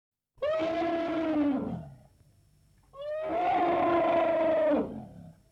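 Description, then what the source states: Elephant trumpeting, two loud brassy blasts, the first about one and a half seconds and the second nearly two, the first sagging in pitch at its end, with a pause of about a second between them. Elephant trumpeting, close.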